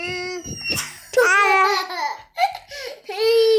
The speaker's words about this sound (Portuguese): Deu bebê gritando.